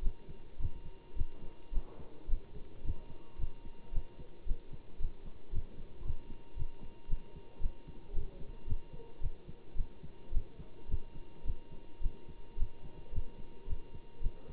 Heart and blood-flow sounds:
heart sounds by stethoscope; between the tricuspid and mitral areas; 110 bpm
0.02 s: heartbeat
0.59 s: heartbeat
1.15 s: heartbeat
1.72 s: heartbeat
2.28 s: heartbeat
2.83 s: heartbeat
3.38 s: heartbeat
3.92 s: heartbeat
4.46 s: heartbeat
4.99 s: heartbeat
5.52 s: heartbeat
6.03 s: heartbeat
6.55 s: heartbeat
7.08 s: heartbeat
7.60 s: heartbeat
8.13 s: heartbeat
8.66 s: heartbeat
9.20 s: heartbeat
9.75 s: heartbeat
10.31 s: heartbeat
10.87 s: heartbeat
11.44 s: heartbeat
12.00 s: heartbeat
12.57 s: heartbeat
13.11 s: heartbeat
13.66 s: heartbeat
14.21 s: heartbeat
From the record:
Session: Bruce protocol treadmill stress test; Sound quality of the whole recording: good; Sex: male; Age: 25 years

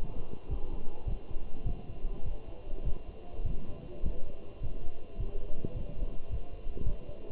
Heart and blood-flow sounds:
heart sounds by stethoscope; between the tricuspid and mitral areas; 104 bpm
0.51 s: heartbeat
1.08 s: heartbeat
1.67 s: heartbeat
2.26 s: heartbeat
2.86 s: heartbeat
3.46 s: heartbeat
4.05 s: heartbeat
4.63 s: heartbeat
5.20 s: heartbeat
5.76 s: heartbeat
6.31 s: heartbeat
6.87 s: heartbeat
From the record:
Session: walking at 3.7 km/h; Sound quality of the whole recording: good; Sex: male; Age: 27 years

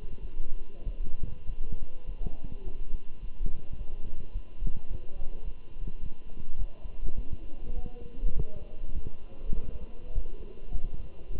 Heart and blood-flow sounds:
heart sounds by stethoscope; between the tricuspid and mitral areas; 103 bpm
0.22 s: heartbeat
0.85 s: heartbeat
1.46 s: heartbeat
2.06 s: heartbeat
2.64 s: heartbeat
3.21 s: heartbeat
3.78 s: heartbeat
4.34 s: heartbeat
4.89 s: heartbeat
5.44 s: heartbeat
6.00 s: heartbeat
6.58 s: heartbeat
7.16 s: heartbeat
7.75 s: heartbeat
8.35 s: heartbeat
8.94 s: heartbeat
9.54 s: heartbeat
10.14 s: heartbeat
10.73 s: heartbeat
11.32 s: heartbeat
From the record:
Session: walking at 3.7 km/h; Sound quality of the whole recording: good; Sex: male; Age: 24 years

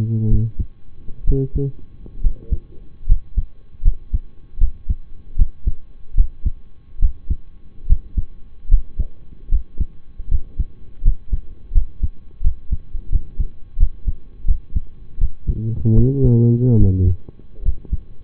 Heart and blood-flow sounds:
heart sounds by stethoscope; between the tricuspid and mitral areas; 76 bpm
0.28 s: heartbeat
1.24 s: heartbeat
2.21 s: heartbeat
3.06 s: heartbeat
3.82 s: heartbeat
4.58 s: heartbeat
5.36 s: heartbeat
6.15 s: heartbeat
6.99 s: heartbeat
7.86 s: heartbeat
8.68 s: heartbeat
9.49 s: heartbeat
10.28 s: heartbeat
11.02 s: heartbeat
11.72 s: heartbeat
12.41 s: heartbeat
13.09 s: heartbeat
13.77 s: heartbeat
14.45 s: heartbeat
15.18 s: heartbeat
15.94 s: heartbeat
16.77 s: heartbeat
17.63 s: heartbeat
From the record:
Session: rest, lying down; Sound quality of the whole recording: partially saturated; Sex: male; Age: 25 years

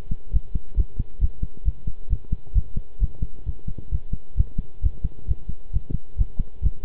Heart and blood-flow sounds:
heart sounds by stethoscope; between the tricuspid and mitral areas; 133 bpm
0.33 s: heartbeat
0.77 s: heartbeat
1.21 s: heartbeat
1.65 s: heartbeat
2.10 s: heartbeat
2.55 s: heartbeat
3.00 s: heartbeat
3.46 s: heartbeat
3.91 s: heartbeat
4.37 s: heartbeat
4.83 s: heartbeat
5.28 s: heartbeat
5.73 s: heartbeat
6.18 s: heartbeat
6.63 s: heartbeat
From the record:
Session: pedaling a stationary bicycle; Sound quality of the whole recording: good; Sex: male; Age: 23 years

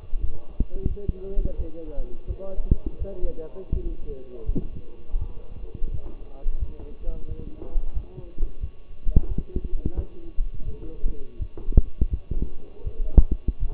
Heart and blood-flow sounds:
heart sounds by stethoscope; between the tricuspid and mitral areas; 85 bpm
0.20 s: heartbeat
0.87 s: heartbeat
1.56 s: heartbeat
2.27 s: heartbeat
2.98 s: heartbeat
3.73 s: heartbeat
4.45 s: heartbeat
5.18 s: heartbeat
5.90 s: heartbeat
6.59 s: heartbeat
7.27 s: heartbeat
7.93 s: heartbeat
8.60 s: heartbeat
9.28 s: heartbeat
9.95 s: heartbeat
10.65 s: heartbeat
11.38 s: heartbeat
12.10 s: heartbeat
12.84 s: heartbeat
13.59 s: heartbeat
From the record:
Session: walking at 3.7 km/h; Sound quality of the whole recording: partially saturated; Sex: male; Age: 24 years

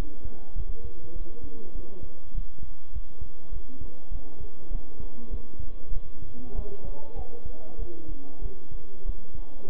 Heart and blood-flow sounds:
heart sounds by stethoscope; between the tricuspid and mitral areas; 99 bpm
0.54 s: heartbeat
1.14 s: heartbeat
1.73 s: heartbeat
2.33 s: heartbeat
2.92 s: heartbeat
3.51 s: heartbeat
4.10 s: heartbeat
4.70 s: heartbeat
5.29 s: heartbeat
5.91 s: heartbeat
6.54 s: heartbeat
7.15 s: heartbeat
7.78 s: heartbeat
8.41 s: heartbeat
9.04 s: heartbeat
9.66 s: heartbeat
From the record:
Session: bicycle stress test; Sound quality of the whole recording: good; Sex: male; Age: 23 years

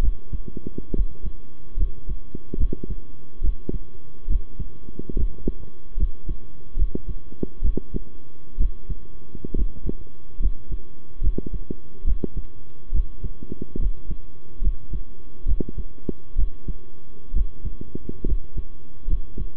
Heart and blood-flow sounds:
heart sounds by stethoscope; between the tricuspid and mitral areas; 69 bpm
0.00 s: heartbeat
0.93 s: heartbeat
1.77 s: heartbeat
2.57 s: heartbeat
3.41 s: heartbeat
4.27 s: heartbeat
5.15 s: heartbeat
5.97 s: heartbeat
6.76 s: heartbeat
7.62 s: heartbeat
8.57 s: heartbeat
9.54 s: heartbeat
10.39 s: heartbeat
11.21 s: heartbeat
12.04 s: heartbeat
12.92 s: heartbeat
13.79 s: heartbeat
14.61 s: heartbeat
15.45 s: heartbeat
16.36 s: heartbeat
17.33 s: heartbeat
18.25 s: heartbeat
19.07 s: heartbeat
From the record:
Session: rest, sitting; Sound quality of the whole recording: good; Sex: male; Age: 23 years

